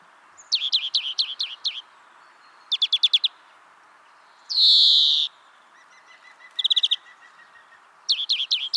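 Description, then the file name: European greenfinch giving repeated short twittering trills, each a quick burst of notes, with one drawn-out buzzy wheeze in the middle and a faint lower trill beneath. "Chloris chloris"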